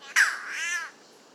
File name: Ailuroedus Maculosus